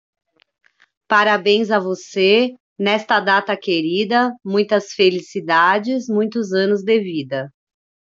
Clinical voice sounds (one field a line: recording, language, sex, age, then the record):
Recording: short text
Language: Brazilian Portuguese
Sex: female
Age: 40 to 49 years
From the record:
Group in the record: control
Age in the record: 40 years